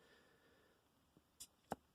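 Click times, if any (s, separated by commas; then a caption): 1.7 s. A B3 archery sight's dovetail bar is slid into its dovetail mount, with a couple of faint ticks near 1.2 s and 1.4 s over quiet background noise. At 1.7 s the spring-loaded detent drops into its hole with a single sharp, short click. The bar is seated in the mount.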